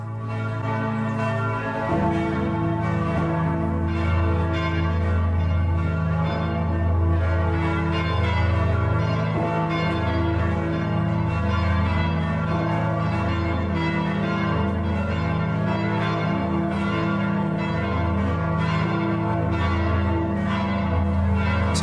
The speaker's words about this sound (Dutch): Ja, dit zijn de klokken van de Sint-Pieter. Ja. En als de paus zijn paustoespraak heeft gehouden, de zegen heeft gegeven, dan stroomt dat plein leeg en dan klinken die klokken.